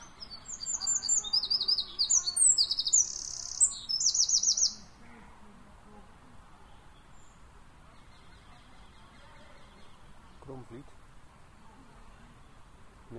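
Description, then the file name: Eurasian wren producing a burst of loud, high rattling trills for about five seconds, then near quiet with faint low background noise and a brief soft sound later. "Troglodytes troglodytes"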